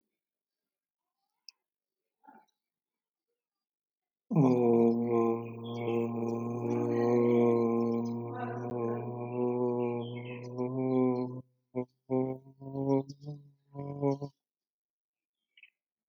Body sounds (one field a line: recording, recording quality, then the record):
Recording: sustained vowel as in boot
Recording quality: moderate, slight background noise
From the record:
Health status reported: healthy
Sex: male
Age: 25 years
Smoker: yes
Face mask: not worn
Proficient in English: yes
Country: India